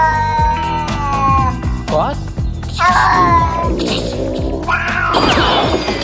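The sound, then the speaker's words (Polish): A neighbours' cat trapped for days inside a camping trailer on a property in Lubin, Poland, meows repeatedly in drawn-out, wavering cries, mixed with loud clattering thumps and crashes as it wrecks the interior trying to get out, with a busy background of voices. “Do jej wnętrza wśliznął się wówczas ukradkiem kot sąsiadów i utknął w pojeździe na kilka dni.”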